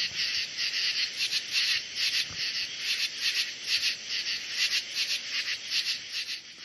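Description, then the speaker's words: Insects in a night chorus: a dense, high, shimmering wall of pulsing trills that swells and fades in rapid waves without pause. Recorded in the host's backyard the previous night, in midsummer; evening and night insect chorus. "During the months of summer, the evenings and nights are alive with the sounds of insects. That's from my backyard last night."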